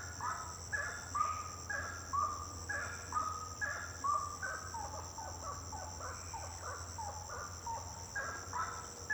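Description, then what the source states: Birds singing short notes repeated about once a second, over a steady high whine and a low rumble. Birds singing at night; intense song.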